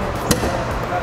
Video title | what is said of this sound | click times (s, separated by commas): Here's Why the Ferrari 458 Speciale is so SPECIAL!! | There you go, click, and the hood is now closed. | 0.3 s